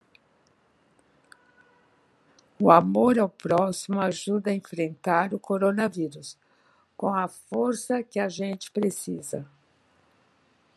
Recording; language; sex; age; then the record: spoken sentence; Brazilian Portuguese; female; 60 to 69 years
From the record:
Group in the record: control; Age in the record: 68 years